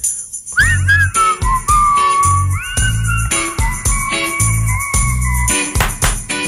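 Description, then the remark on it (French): A whistled melody with gliding, wavering notes rides over a loud, bouncy backing track of steady low thumps and bright percussive hits, with no talking. “Prêt à siffler.”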